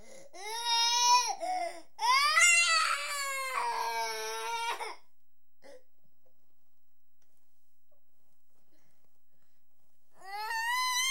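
Loud, high-pitched wailing cries in two bursts, a five-second pause, then another cry: a 4-year-old child crying.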